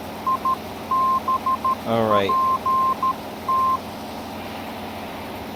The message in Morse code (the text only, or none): IBPT